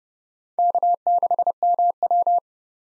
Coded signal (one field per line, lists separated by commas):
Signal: Morse code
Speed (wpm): 32 wpm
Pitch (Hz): 700 Hz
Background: none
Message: K6MW